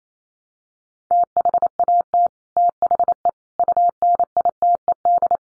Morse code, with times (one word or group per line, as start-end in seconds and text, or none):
1.1-2.3 THAT
2.6-3.3 THE
3.6-5.4 UNITED